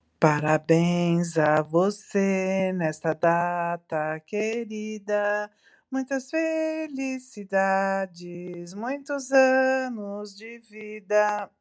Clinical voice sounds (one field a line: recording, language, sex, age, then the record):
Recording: short text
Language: Brazilian Portuguese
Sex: female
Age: 50 to 59 years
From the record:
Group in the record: control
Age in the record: 56 years